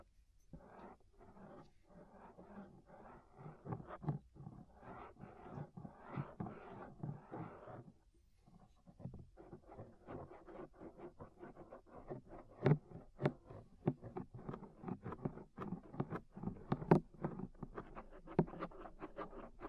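Ear scraping gives dense, rapid scratchy rasps in quick bursts, pausing briefly near eight seconds, then resuming with sharper, faster strokes.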